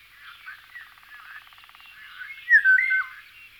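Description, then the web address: Eurasian golden oriole song: one rich, liquid whistled phrase that rises and falls, heard late over a soft background of twittering birds. "singvoegel gesang. kosmos 93 pirol"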